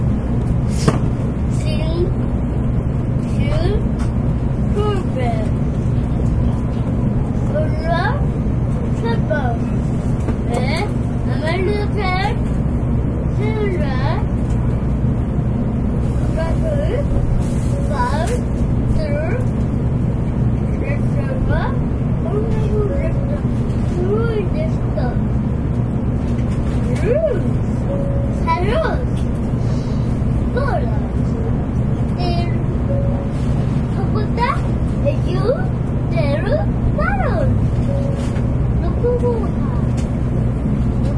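Aboard the Shinkansen Sakura between Shin-Kobe and Shin-Osaka, a steady low rumble runs throughout beneath frequent scattered voices of passengers talking.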